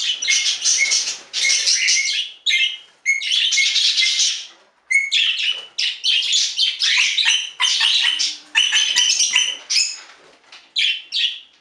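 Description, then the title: Budgerigar chatter: dense bursts of high, scratchy warbling and chirps, broken by short pauses, continuing throughout. "Budgie Sounds"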